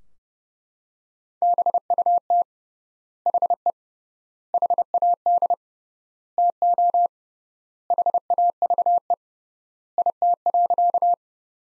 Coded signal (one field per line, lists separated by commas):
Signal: Morse code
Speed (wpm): 30 wpm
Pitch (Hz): 700 Hz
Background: none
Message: BUT HE HAD TO HAVE IT.